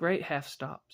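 Someone talks while handling the pin blade of a traditional slipjoint pocketknife, working it through its half stop toward the backspring and handle. Only speech is heard, with a faint high hiss at the end. The blade has not yet snapped closed; nothing has seated or clicked yet.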